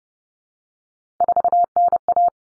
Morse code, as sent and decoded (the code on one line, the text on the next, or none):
....- -. .-
4NA